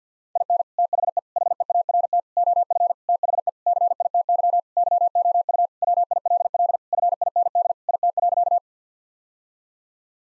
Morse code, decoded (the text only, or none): IN THE HEART OF THE CITY YOU WILL FIND IT.